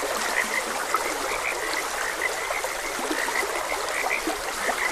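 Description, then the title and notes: Frogs croaking in short, dense notes that overlap in a steady chorus, over the continuous rushing hiss of flowing water. Several frogs croaking beside a gentle stream, as ambient nature sound. "Gentle Stream and Frogs Croaking. Sleep and Relaxation Podcast"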